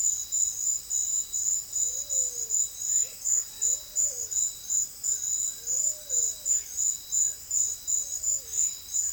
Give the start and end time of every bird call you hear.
1.73s-6.56s: bird call

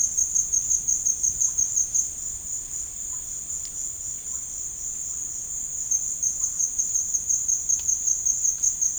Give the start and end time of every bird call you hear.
3.02s-6.52s: bird call

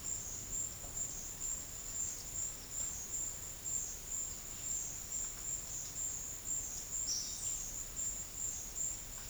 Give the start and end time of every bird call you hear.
7.02s-7.84s: bird call

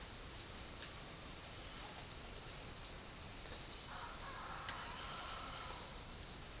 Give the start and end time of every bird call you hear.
3.76s-5.90s: bird call

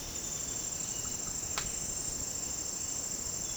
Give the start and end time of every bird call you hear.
0.00s-0.79s: bird call

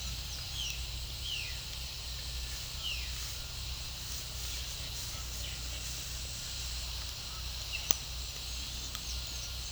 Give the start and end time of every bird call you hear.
0.43s-1.63s: bird call
2.79s-3.17s: bird call
7.69s-9.71s: bird call

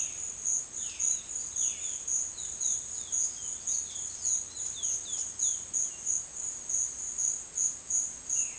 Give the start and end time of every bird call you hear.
0.00s-6.11s: bird call
8.03s-8.58s: bird call

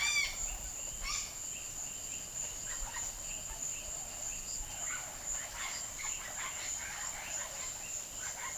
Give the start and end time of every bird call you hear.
1.00s-1.39s: bird call
2.54s-8.57s: bird call

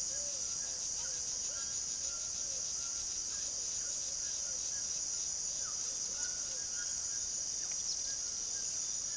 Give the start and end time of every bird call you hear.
0.00s-9.16s: bird call

